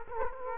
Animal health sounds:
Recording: mosquito wingbeat signal from an infrared sensor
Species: Culex quinquefasciatus

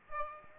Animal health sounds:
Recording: mosquito wingbeat signal from an infrared sensor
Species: Aedes aegypti

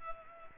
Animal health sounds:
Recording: mosquito wingbeat signal from an infrared sensor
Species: Culex pipiens

